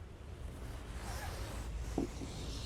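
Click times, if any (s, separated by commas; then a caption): 2.0 s. The folded rear seat backrest of a 2024 BYD Song Plus Champion Edition is lifted and returned upright, and the release is let go. Over a low steady background rumble, the backrest latch catches with a single short, sharp click at 2.0 s. The seatback is locked in place.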